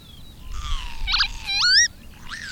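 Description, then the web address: Bird call, a drawn-out nasal note ending in a sharply rising whistle, with a softer call after. "madarak enek"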